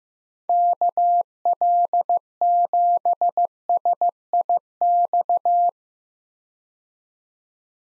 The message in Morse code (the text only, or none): KL7SIX